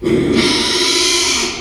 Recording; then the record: squeal of a Yucatan mini pig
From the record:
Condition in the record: after surgery on the right vocal fold (resection and tissue-engineered implant); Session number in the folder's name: 2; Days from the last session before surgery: 13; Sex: male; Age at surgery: 12 weeks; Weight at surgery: 13 kg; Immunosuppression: cyclosporine, prednisolone